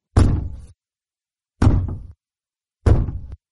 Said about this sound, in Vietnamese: Bỗng nhiên tiếng gõ cửa vang lên từng tiếng một.